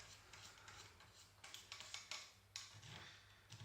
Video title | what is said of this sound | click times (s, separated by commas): AIRSOFT - REVIEW DÉMONTAGE DU CAM 870 MK II APS ET PRÉSENTATION D'ACCESSOIRES | Jusqu'à qu'on entende les clics. Et on serre au maximum. Voilà. | 1.5 s, 1.7 s, 1.8 s, 1.9 s, 2.1 s, 2.6 s